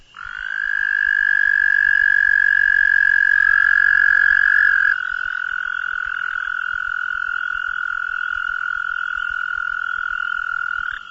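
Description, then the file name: Frog giving a long, unbroken high trill that runs for about eleven seconds, shifting slightly in pitch partway through, over a quiet background. Recorded at Browns Creek; described as frog songs. "browns creek audio station frog songs"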